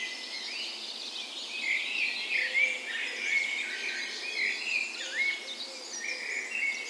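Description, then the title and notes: Birds in a dawn chorus, many high twittering songs overlapping continuously, with brief rising whistles standing out now and then. Spring dawn chorus recorded in a park west in Bergen, Norway, on the morning of 17 May, Norway's National Day; Sony PCM A10 recorder with LOM Usi microphones. "17th Of May Dawn Chorus. Recorded on the morning of Norways National Day the 17th of May in a park west in Bergen. Spring is in full effect, and the dawn chorus sounds wonderful!"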